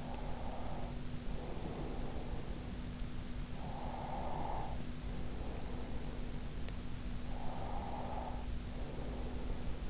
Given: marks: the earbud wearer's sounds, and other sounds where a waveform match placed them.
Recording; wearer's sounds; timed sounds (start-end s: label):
sounds in sleep by an in-ear microphone; breath
0.00-2.72 s: breath
3.53-6.26 s: breath
7.32-9.87 s: breath